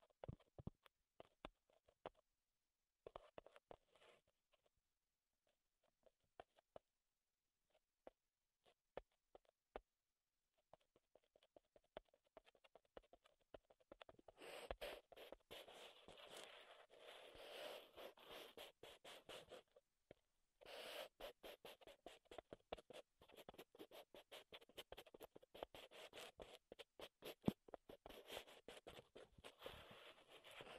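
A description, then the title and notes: Wood triggers: sparse dry taps and scratches on wood come in scattered clusters for the first fourteen seconds, separated by silent gaps. After that, the tapping turns into dense, rapid scratching and rustling that runs steadily to the end, broken by one short pause near twenty seconds. ASMR Wood Triggers in Your Ears (No Talking).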